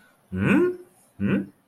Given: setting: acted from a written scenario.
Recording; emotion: vocal sound without words; confusion